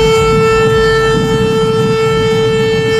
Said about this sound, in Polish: Syrena alarmowa w weekend wywołała konsternację na Lubelszczyźnie. Niektórzy szukali schronienia, inni nic sobie z tego nie robili. Eksperci zwracają uwagę, że modulowany sygnał trwający 3 minuty oznacza niebezpieczeństwo i nie można go lekceważyć.